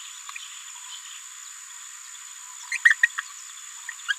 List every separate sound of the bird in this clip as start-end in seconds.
2.71-2.77, 2.85-2.94, 3.03-3.08, 3.18-3.21, 4.08-4.13